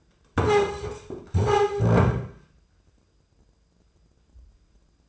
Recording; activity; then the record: daily activity, microphone in the room; stand up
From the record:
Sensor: 2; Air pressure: 995.8 hPa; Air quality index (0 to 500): 244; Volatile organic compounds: 1000 ppm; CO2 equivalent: 6003 ppm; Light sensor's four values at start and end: 26/63/28/31 and 25/59/26/29